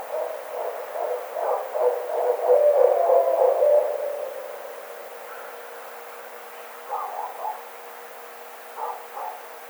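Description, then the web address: Barred owl calling in a quick rhythmic burst of low hoots for about four seconds, followed by softer scattered hoots and faint background hiss. Recorded 9 April 2009. "Barred Owl 2009 04 09 Barred Owl"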